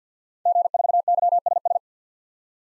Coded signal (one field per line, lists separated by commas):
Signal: Morse code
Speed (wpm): 50 wpm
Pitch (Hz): 700 Hz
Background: none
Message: G4YSS